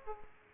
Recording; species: mosquito wingbeat signal from an infrared sensor; Aedes aegypti